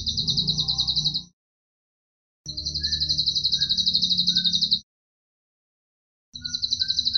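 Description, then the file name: Atlantic canary song: three bursts of rapid, rattling high trill, the middle one longest, separated by silent gaps, with some low hum beneath. Canary singing in the Cililin song style, used as fill (isian) material for training songbirds. "suara kenari isian cililin omkicau"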